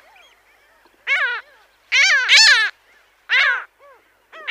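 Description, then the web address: Mediterranean gull giving loud, nasal, down-curving calls in short bursts, a pair close together near the middle, with quiet pauses between. "Schulze Peter Mediterranean Gull"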